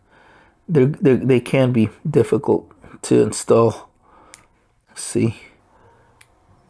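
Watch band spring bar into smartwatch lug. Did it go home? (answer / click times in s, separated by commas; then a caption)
yes / 6.2 s. Someone talks while pressing a replacement band's quick-release spring bar into the lug of a Samsung Galaxy Watch 6 case. A short, sharp click is heard at 6.2 seconds as the spring bar snaps in, and the band is seated and tight.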